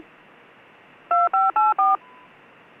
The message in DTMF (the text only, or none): 2584